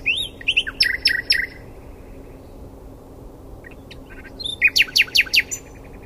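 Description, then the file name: Common nightingale song: brisk phrases of repeated clipped notes, a pause, then a loud series of sharp, evenly spaced notes. "Luscinia megarhynchos"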